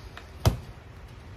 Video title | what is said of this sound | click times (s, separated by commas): WON'T BELIEVE HOW BAD IT GOT - MUCH NEEDED MOBILE DETAILING SETUP CLEANING | all right so now it's locked into place | 0.5 s